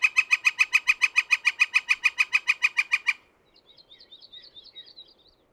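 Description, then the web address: Northern flicker calling a rapid, steady run of sharp notes for about three seconds, then a soft high twittering. "soundandlightecologyteam"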